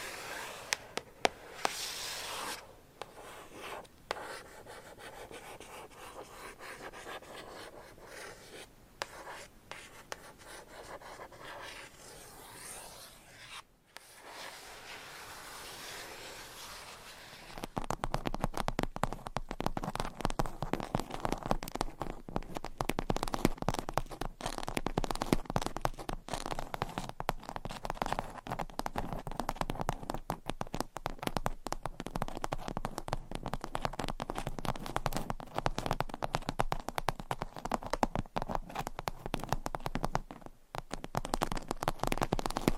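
Scratching and tapping with soft rubbing, no talking. For the first seventeen seconds the sound is a quieter, airy brushing with a few brief ticks. Then it turns louder and busier, a dense run of rapid scratchy strokes and taps that continues steadily to the end.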